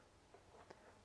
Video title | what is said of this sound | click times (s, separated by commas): Review Kotak Sepatu dari Toko Online | harusnya sih kedengeran. Nah, ini klik udah. | 0.7 s